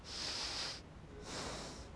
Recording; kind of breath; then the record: one breath in and out by a microphone near the nose and mouth; deep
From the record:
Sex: male